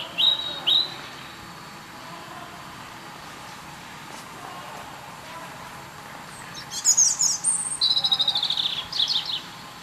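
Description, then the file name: European robin song: a short pair of thin high notes early on, then a quiet gap before a longer tumbling run of high, varied, twittering phrases near the end over faint background hiss. "Erithacus rubecula"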